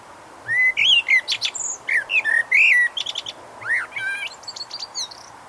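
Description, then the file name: Eurasian blackbird singing a rich run of fluted, looping whistles broken by sharp high squeaks and twittering notes. "Turdus merula"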